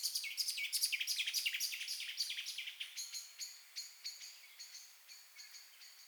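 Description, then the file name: Common blackbird calls: a fast series of sharp, high, metallic clicks, about three per second, loud at first and fading toward the end. "Turdus merula"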